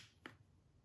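The hinged hatch of an MCK Gen 2 conversion chassis closes over a seated Glock 43X pistol while the button is held down. It latches with a single sharp click at 0.3 s, confirming the pistol is seated and the hatch is latched closed.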